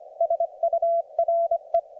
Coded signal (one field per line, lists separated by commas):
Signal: Morse code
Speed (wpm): 22 wpm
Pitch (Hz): 690 Hz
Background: none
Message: SURE